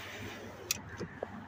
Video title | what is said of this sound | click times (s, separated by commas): MP Laffer MG made in San Palo Brazil | you snap in place, and | 0.7 s